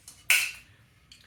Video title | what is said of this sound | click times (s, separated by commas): Triumph Bonneville T140v - Part 10 - Stuck Clutch!!! | Press it in. There we go. That's a nice snap on that one. | 0.3 s